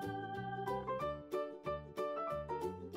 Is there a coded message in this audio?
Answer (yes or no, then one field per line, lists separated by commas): no